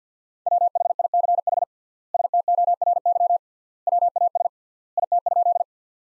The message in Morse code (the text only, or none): WHICH STORY WAS IT?